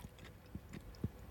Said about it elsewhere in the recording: You've got a clicking jaw. Can you hear my jaw click when I'm eating this one? That's my jaw.